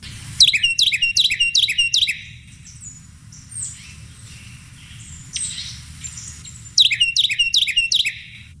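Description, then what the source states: Carolina Wren song: loud, ringing phrases rolled rapidly several times, a pause with faint chirps, then the rolling phrases return. Played recording; a birder calls it the most common one, likens it to a galloping horse, and remembers it as 'tea kettle, tea kettle' or 'cheeseburger'.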